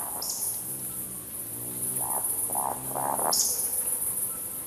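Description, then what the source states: Eurasian woodcock roding calls: three deep croaking grunts, then a thin, sharp, high squeak, with another squeak at the start. Crickets trill continuously in the background. Recording of woodcocks played back in the programme.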